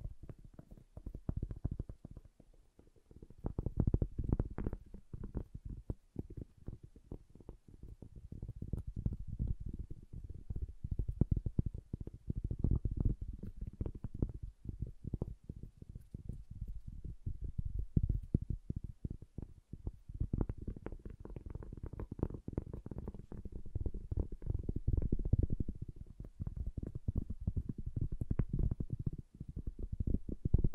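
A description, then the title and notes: Wood triggers: a dense run of soft wooden taps and knocks, mostly low and muffled, lasting the whole clip. The tapping is quick and irregular, thinning briefly near the start and around nineteen seconds before picking up again. ASMR Calming Wood Triggers for Sleep (No Talking).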